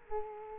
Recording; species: mosquito wingbeat signal from an infrared sensor; Culex quinquefasciatus